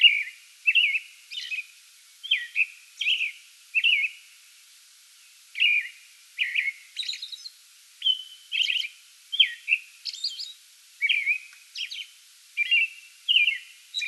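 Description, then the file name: American robin caroling: whistled phrases interspersed with high squeaky syllables in a steady rhythm, with one brief pause. Pre-dawn song bout recorded 8 May 2022. "2022-05-08 American Robin pre-dawn song bout"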